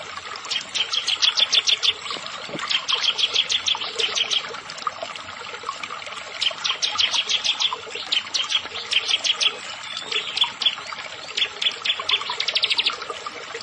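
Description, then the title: Bar-winged prinia song: a long series of rapid high chipping phrases, delivered in close bursts one after another with short gaps between. "Ciblek Sawah"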